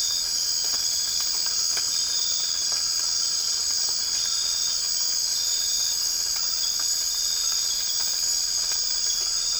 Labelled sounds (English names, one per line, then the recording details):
none
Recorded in dense forest near Puerto Asís, Putumayo, Colombia, on 12 March 2025 at 03:30
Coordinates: 0.485, -76.318
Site G056